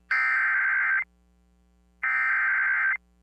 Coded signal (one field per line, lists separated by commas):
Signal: Emergency Alert System (SAME) tones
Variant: header bursts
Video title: EAS - Severe Thunderstorm Warning for Indiana and Kentucky 3/30/25